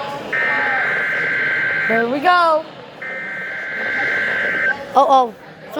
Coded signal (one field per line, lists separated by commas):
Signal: Emergency Alert System (SAME) tones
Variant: header bursts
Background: speech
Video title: I TURNED ONE THE SIREN IN THE LUNCH ROOM EAS 700